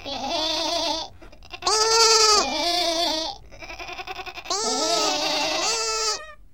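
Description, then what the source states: Sheep bleats, several drawn-out quavering calls of mixed pitch, some high and lamb-like, following one another with brief gaps. Adults and lambs.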